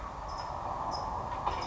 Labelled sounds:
California Towhee (Melozone crissalis)
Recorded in Sonoma County, California

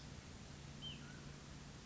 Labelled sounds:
Hutton's Vireo (Vireo huttoni)
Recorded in Sonoma County, California

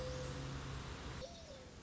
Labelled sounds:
Mourning Dove (Zenaida macroura)
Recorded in Sonoma County, California

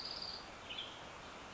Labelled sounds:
Western Tanager (Piranga ludoviciana)
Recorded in Sonoma County, California

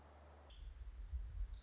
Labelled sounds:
Orange-crowned Warbler (Leiothlypis celata)
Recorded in Sonoma County, California

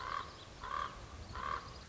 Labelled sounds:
Common Raven (Corvus corax)
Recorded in Sonoma County, California

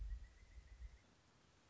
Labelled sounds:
Pileated Woodpecker (Dryocopus pileatus)
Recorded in Sonoma County, California

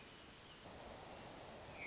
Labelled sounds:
Hermit Thrush (Catharus guttatus)
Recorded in Sonoma County, California

